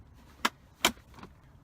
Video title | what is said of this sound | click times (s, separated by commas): How To Install Child Car Seat In Mercedes Benz | you hear the click then you can move it just to make sure it's secure also | 0.5 s, 0.9 s